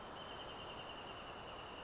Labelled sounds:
Wrentit
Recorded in Sonoma County, California

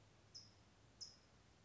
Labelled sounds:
California Towhee
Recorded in Sonoma County, California

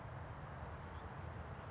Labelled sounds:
California Towhee
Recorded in Sonoma County, California

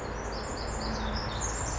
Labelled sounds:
Pacific Wren
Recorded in Sonoma County, California

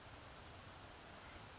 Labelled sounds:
Western Flycatcher
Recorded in Sonoma County, California

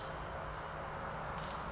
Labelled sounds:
Western Flycatcher
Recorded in Sonoma County, California

